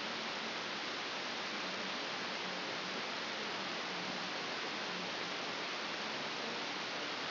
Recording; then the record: brain microelectrode recording played as sound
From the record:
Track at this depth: inside the subthalamic nucleus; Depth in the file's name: 5.314 mm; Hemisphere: left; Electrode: 2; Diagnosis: Parkinson's disease